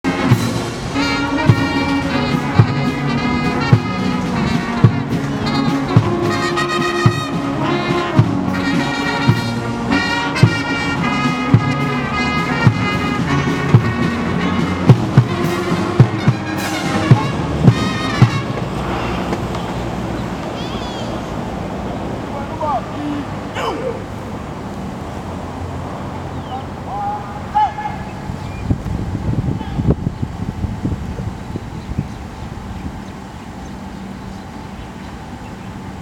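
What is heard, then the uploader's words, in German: Police march out for a flag raising. For the first eighteen seconds, band music plays with a steady drumbeat about once a second. Then the music stops, leaving a lower murmur of voices and movement, with a few sharp knocks around 24 and 30 seconds. Polizeiparade. Morgens um 9 Uhr wird in Apia die Beach Road lahm gelegt: die Polizei marschiert aus zum Flaggenhissen vor dem Regierungsgebäude.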